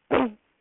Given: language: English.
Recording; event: throat vibration sensor signal played as sound; throat clearing